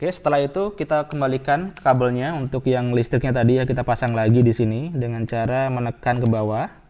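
Someone talks while the battery power cable connector of a MacBook Pro Mid 2015 A1398 laptop is handled for pressing down onto its motherboard socket, with the caution that it should not be pressed too hard or the motherboard could break. Nothing has seated or clicked yet.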